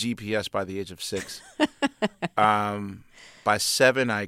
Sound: laughter

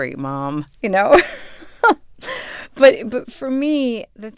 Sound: laughter

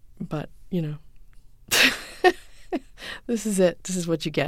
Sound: laughter

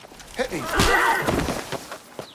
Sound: soundbite of slap

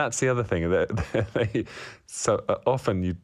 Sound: laughter

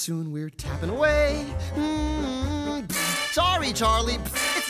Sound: soundbite of buzzer

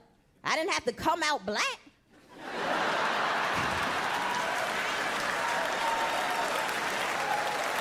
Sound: applause

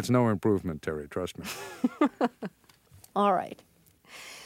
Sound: laughs

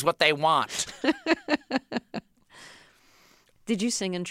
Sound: laughter

